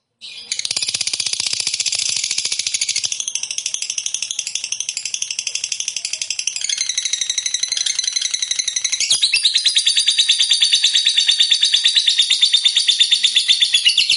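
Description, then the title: Lovebird song, a long unbroken stream of rapid high chattering notes, shifting pitch and growing louder and more regular toward the end. Fighter lovebird described as gacor, meaning singing energetically. "Berkat SUARA Lovebird FIGHTER GACOR Ini"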